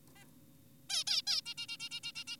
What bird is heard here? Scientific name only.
Taeniopygia guttata